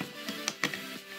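A plastic part of a Transformers Studio Series 86 07 Leader Slag action figure is pulled up into its robot-mode position during the final transformation step. Two sharp, short plastic clicks sound at 0.5 s and 0.6 s, with softer handling noises around them. The part seats in place.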